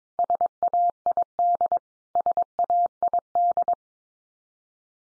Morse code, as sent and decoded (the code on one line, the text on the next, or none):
... .- .. -.. / ... .- .. -..
SAID SAID